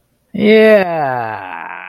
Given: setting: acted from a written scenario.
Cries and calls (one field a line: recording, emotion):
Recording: vocal sound without words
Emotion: disgust